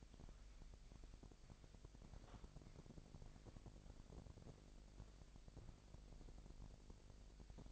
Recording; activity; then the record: daily activity, microphone in the room; walk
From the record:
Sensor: 5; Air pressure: 1001.7 hPa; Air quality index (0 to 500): 182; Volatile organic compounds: 12 ppm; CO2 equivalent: 2334 ppm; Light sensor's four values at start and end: 30/101/38/40 and 30/101/38/40